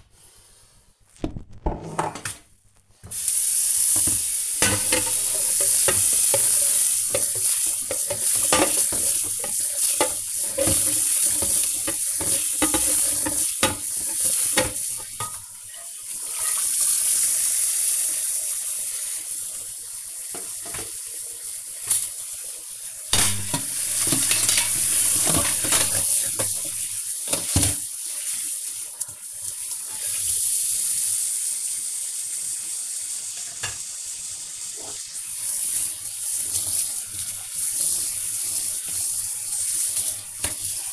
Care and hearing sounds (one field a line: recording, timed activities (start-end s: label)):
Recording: household activities, microphone on the right wrist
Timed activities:
0.00-40.93 s: washing dishes